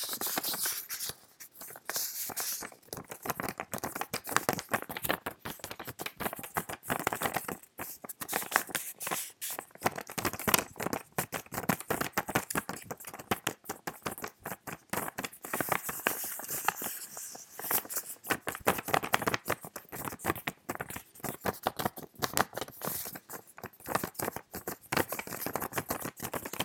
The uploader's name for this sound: sheet of paper